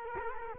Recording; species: mosquito wingbeat signal from an infrared sensor; Culex quinquefasciatus